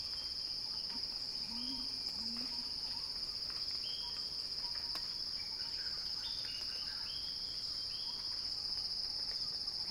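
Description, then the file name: Cicada song: a continuous high-pitched drone, with short whistled notes from birds and two low calls near the start. Described as a cicada crescendo; recorded by Axel Drioli. "earth-fm Axel-Drioli Cicada-Crescendo-Sounding-Wild"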